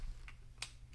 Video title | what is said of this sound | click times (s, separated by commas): Break Free from Back Pain | plugging that in. Makes a nice little click | 0.6 s